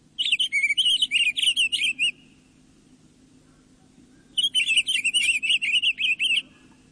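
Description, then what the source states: Pine grosbeak song: sweet rich warbling phrases of rapid notes, two bursts about two seconds long with a pause between. Warbles sweetly from scattered evergreens in the high subalpine zone of western mountains.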